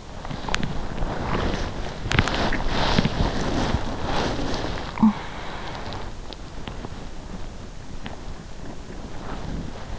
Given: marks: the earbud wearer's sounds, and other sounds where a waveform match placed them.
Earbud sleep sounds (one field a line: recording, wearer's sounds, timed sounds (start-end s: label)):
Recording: sounds in sleep by an in-ear microphone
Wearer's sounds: body movement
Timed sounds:
0.00-6.34 s: body movement